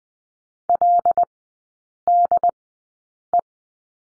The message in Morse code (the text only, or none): LDE